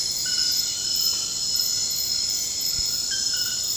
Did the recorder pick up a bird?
no